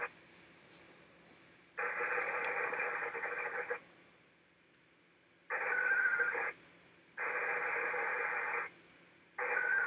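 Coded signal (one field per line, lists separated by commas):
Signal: HF data modem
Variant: ARDOP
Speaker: let me try connecting again and let's see if have better luck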